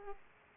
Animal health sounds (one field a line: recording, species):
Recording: mosquito wingbeat signal from an infrared sensor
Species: Aedes aegypti